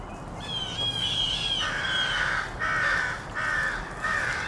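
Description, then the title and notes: Crow cawing, harsh caws starting after a second and a half and repeating in quick succession, with a thin whistled note from another bird early on. Rowdy crows loudly cawing in treetops of an urban park just after sunrise, with other birds and morning traffic; made while out with a camera. "Field Recording: The Wild and Raucous Sounds of Crows Cawing in the Treetops. keith dotson. the fine art photographer podcast. a field recording of rowdy crows loudly cawing in the treetops amidst the sounds of other birds -- and since this was recorded in an urban park -- also you may hear the sounds of morning traffic"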